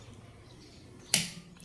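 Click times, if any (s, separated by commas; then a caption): 1.1 s. A click-type torque wrench set to 85 foot pounds tightens a lug nut on a car wheel. After quiet background, it gives one sharp, loud click at 1.1 s that rings briefly, followed by a faint tick near 1.6 s. The wrench has reached its torque setting.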